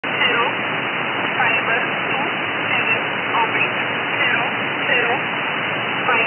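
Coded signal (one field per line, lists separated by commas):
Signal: numbers station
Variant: E11 Oblique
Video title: Numbers Station E11 Oblique 5409 kHz USB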